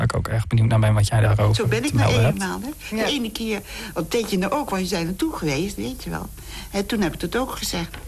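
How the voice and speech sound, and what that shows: Adult woman speaking Dutch in fairly fluent sentences that carry little sense, with word-finding difficulty, wrong words and jumbled phrasing, typical of Wernicke's aphasia.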